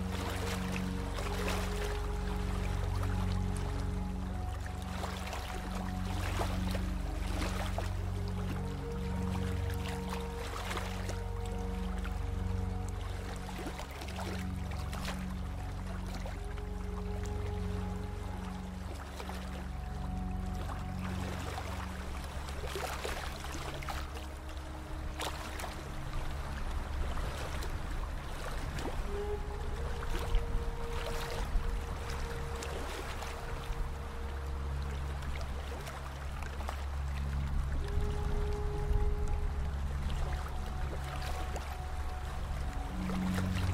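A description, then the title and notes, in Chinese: Flowing water runs steadily beneath a deep, engine-like rumble with droning tones that step up and down in pitch. A regular throbbing pulse fills the first twenty seconds, and small clicks and splashes break through often, at an even overall level. 流水聲。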